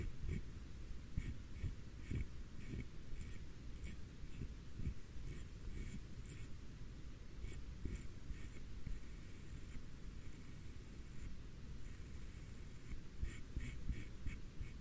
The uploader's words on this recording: BRUSHING TEXTURE ASMR NO TALKING, BRUSHING COMB SOUND, ASMR FABRIC BRUSHING.